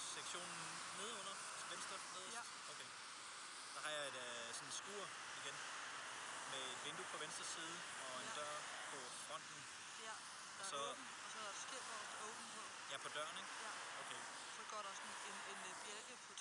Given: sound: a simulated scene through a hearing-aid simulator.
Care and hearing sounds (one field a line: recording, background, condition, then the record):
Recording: conversation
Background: traffic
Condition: 0 dB SNR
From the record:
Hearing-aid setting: I (fast-acting compression, audibility-based gain)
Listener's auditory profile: C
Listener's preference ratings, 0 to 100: 16, 13, 27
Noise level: 75 dB SPL